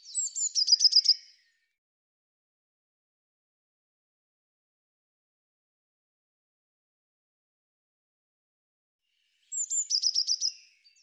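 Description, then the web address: Eurasian blue tit calls: two brief high churring bursts of rapid clipped pulses, the first at the start and the second about nine seconds later, with silence between. "cianscape birddata Deverinetal 2025 File cleaned normalized Bird Cy Ca"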